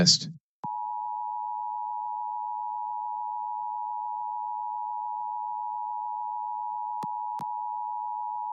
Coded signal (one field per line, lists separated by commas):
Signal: Emergency Alert System (SAME) tones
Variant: 853 and 960 Hz attention tone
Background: speech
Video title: LIVE AM/MW DX: DX Central Live - S. 3, Ep. 4 | Friday October 14, 2022 | MWFC: 570 & 1053 kHz